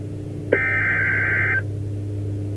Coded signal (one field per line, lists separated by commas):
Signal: Emergency Alert System (SAME) tones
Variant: header bursts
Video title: 4 Scariest Emergency Alerts & EAS Alarms (Vol. 4)